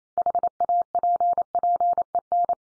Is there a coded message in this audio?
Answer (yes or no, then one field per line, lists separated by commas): yes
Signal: Morse code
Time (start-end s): 0.2-2.5 s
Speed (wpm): 28 wpm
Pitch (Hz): 700 Hz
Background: none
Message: HAPPEN